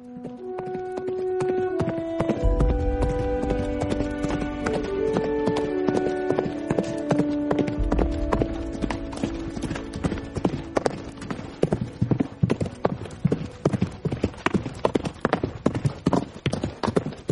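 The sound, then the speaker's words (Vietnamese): The hooves of a fast-galloping horse ridden by two people clip-clop in a steady, quickening rhythm of sharp hollow knocks, with sustained tonal music playing underneath that thins out as the hoofbeats grow more prominent. “Sau khi lên đường, con ngựa phi nhanh như bay, không hề tỏ ra mệt mỏi.”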